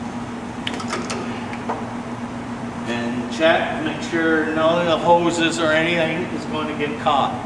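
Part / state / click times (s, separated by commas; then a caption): plow wiring harness connector from the vehicle-side connector / released / 0.7 s. Electrical connectors between the snowplow wiring harness and the vehicle-side connector are unplugged, releasing them. A sharp click comes at 0.7 s, followed by a softer knock near 1.1 s. Someone then talks over a steady low hum.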